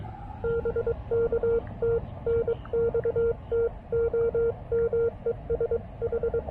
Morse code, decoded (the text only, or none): BK TNX TOM ES H